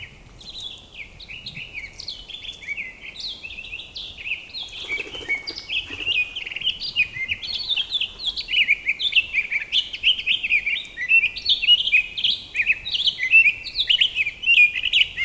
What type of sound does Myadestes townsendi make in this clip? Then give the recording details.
song. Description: Townsend's Solitaire song recorded on the Black Canyon Trail in Rocky Mountain National Park. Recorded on 26 May 2016